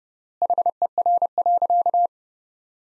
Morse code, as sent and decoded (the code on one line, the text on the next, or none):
.... . .-. .-.-.-
HER.